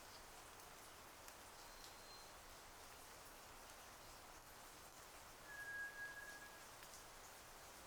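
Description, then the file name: White's thrush song: a faint high whistle early on, then a clearer low, steady whistle near the end, over continuous hiss with light ticking drips. Recorded at night, 02:44, on 31 May 2009. "toratugumi-20090531-0244"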